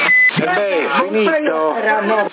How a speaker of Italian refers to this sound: Aspetta, telefono.